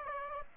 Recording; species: mosquito wingbeat signal from an infrared sensor; Aedes aegypti